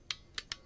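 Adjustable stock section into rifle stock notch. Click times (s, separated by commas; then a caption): 0.1 s. The adjustable stock section on a Daisy Legacy 2202 .22LR bolt-action take-down rifle is pushed further into the next notch of the rifle stock. It locks into place with a sharp click at 0.1 s, followed by two more short, bright clicks at about 0.4 s and 0.5 s. The stock length adjustment is seated in the next notch.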